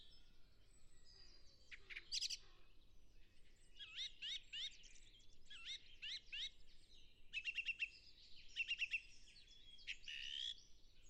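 Song thrush song: loud, crisp phrases each repeated a few times, some fluty and some chipping.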